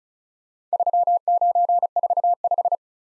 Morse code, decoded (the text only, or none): 3945